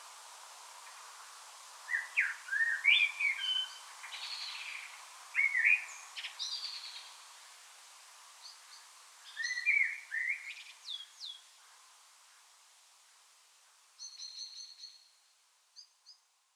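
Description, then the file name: Common blackbird warbling softly in fluty phrases mixed with thin high squeaks, against a noticeable background hiss, the final notes high and clipped. "Turdus merula"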